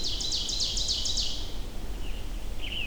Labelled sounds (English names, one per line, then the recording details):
Ovenbird song
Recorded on 25 June 2016 at 08:20
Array SBT-6-76